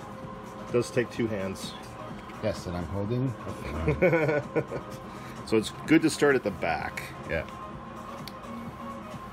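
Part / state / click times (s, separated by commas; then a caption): magnet-held section of a model ship going onto the model hull / seated / 8.3 s. A magnet-held section of a model starship is fitted onto the model hull with two hands, starting at the back, while someone talks over background music. The section clicks into place at 8.3 s with a short, sharp snap, and it is seated.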